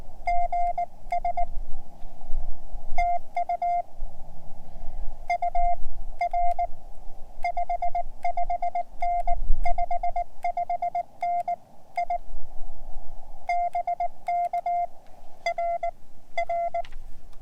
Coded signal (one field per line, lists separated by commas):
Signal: Morse code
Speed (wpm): 19 wpm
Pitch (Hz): 700 Hz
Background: none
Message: GS TU UR 55N 55N I BK R R